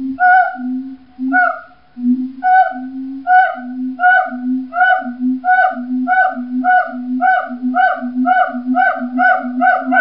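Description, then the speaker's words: Siamang song: ringing hoots over low booming notes, spaced apart at first and then speeding up into a rapid, steady run of calls. Family groups sing together; loud, melodic calls; inflated throat pouch (gular sac) enhances and resonates the voice. "This is what siamangs sound like."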